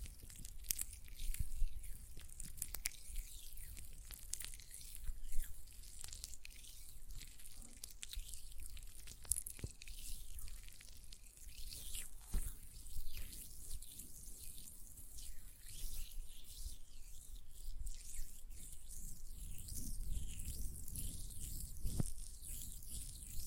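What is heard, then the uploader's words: Hands work a gel lotion, making soft wet squelching and sticky smacking sounds. The texture is fairly steady and dense, with bright slippery hiss and frequent small clicks and pops, a few sharper snaps standing out around 9, 12 and 22 seconds. ASMR Gel Lotion Hand Sounds (No Talking).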